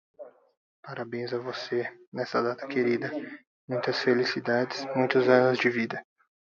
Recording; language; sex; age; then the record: short text; Brazilian Portuguese; male; 20 to 29 years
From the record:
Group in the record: control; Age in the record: 26 years